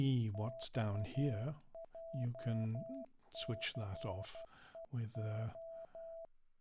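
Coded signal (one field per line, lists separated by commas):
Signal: Morse code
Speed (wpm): 12 wpm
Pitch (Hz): 660 Hz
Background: speech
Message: XJCEO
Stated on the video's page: Morse generated by a Windows 10 PC program from typed input, with selectable tone frequency, words per minute, inter-digit pause and inter-group pause.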